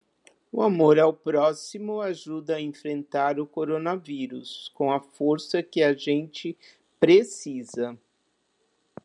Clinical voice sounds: spoken sentence; Brazilian Portuguese; female; 70 to 79 years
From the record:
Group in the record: control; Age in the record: 71 years

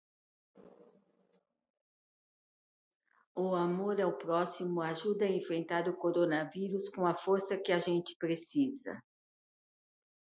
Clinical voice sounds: spoken sentence; Brazilian Portuguese; female; 60 to 69 years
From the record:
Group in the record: control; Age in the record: 69 years

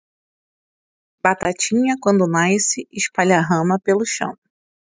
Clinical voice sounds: short text; Brazilian Portuguese; female; 40 to 49 years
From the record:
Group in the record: control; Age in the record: 42 years

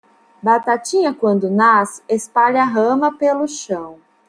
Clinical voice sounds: short text; Brazilian Portuguese; female; 40 to 49 years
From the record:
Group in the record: control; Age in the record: 47 years

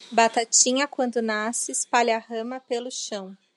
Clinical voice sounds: short text; Brazilian Portuguese; female; 30 to 39 years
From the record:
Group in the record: control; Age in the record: 31 years

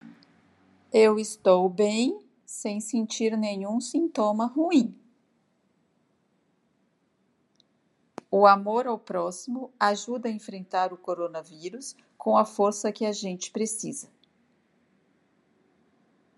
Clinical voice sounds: spoken sentence; Brazilian Portuguese; female; 60 to 69 years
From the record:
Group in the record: control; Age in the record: 60 years

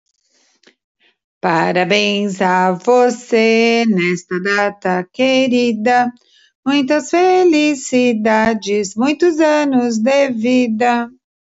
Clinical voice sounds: short text; Brazilian Portuguese; female; 50 to 59 years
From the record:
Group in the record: control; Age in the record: 59 years

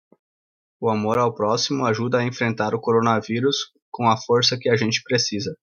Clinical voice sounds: spoken sentence; Brazilian Portuguese; male; 20 to 29 years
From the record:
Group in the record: control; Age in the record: 29 years

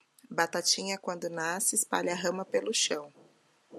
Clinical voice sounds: short text; Brazilian Portuguese; female; 30 to 39 years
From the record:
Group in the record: control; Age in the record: 32 years

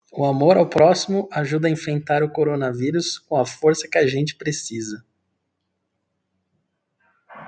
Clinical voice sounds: spoken sentence; Brazilian Portuguese; male; 30 to 39 years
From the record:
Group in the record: control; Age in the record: 36 years

